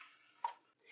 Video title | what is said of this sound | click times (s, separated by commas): Making Good Food, But I’m A Hot Mess! #pamperedchef | and it locks into place there we go | 0.4 s